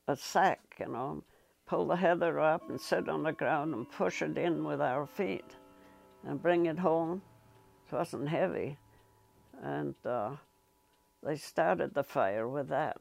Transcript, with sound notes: sack, you know, and pull the heather up and set it on the ground and push it in with our feet, and bring it home. [chiming in background] It wasn't heavy. And they started the fire with that.